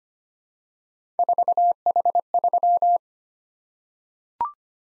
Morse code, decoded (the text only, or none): 4H3